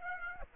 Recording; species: mosquito wingbeat signal from an infrared sensor; Aedes aegypti